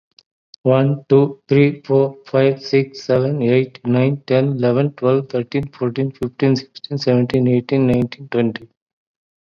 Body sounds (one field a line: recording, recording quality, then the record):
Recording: counting at a fast pace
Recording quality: excellent, no background noise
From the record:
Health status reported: COVID-19 positive, mild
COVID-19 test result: positive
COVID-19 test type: rapid antigen test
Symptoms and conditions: cough, another respiratory illness, hypertension, diabetes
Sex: male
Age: 60 years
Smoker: no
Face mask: worn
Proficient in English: yes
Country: India